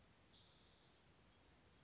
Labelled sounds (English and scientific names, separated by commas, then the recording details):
Spotted Towhee (Pipilo maculatus)
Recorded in Sonoma County, California